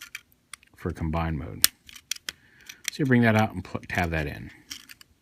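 Someone talks while handling a plastic Transformers Generations Combiner Wars Voyager Optimus Prime robot figure, bringing out a leg piece and pushing its angled tab into the thigh area for combine mode. Only light plastic taps and handling clicks are heard between the talking. Nothing has seated or clicked into place yet.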